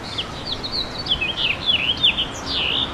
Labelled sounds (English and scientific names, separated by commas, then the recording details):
House Finch (Haemorhous mexicanus) song
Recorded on Long Island, New York, on 11 June 2012
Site OP
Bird A